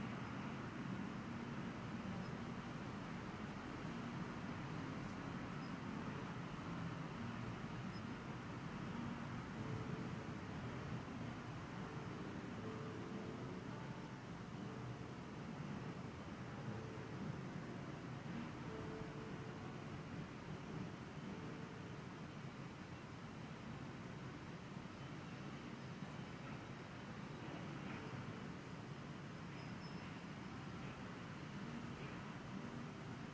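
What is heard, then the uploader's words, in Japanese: Ambient sound recorded from a home window: a steady, dense rumble of traffic fills the whole half minute, heaviest in the low and middle range. Faint tonal hums drift in and out around the middle, with no sharp events standing out. 私の家の窓辺から録音した環境音。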